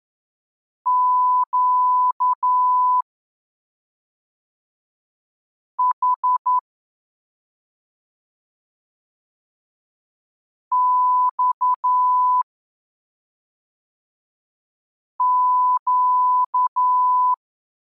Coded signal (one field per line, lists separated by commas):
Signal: Morse code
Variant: Russian alphabet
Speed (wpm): 11 wpm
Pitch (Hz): 1000 Hz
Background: none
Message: Щ Х Ь Щ